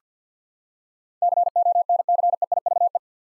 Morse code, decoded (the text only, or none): CONCEIVE